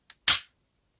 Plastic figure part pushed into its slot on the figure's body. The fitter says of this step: locks into place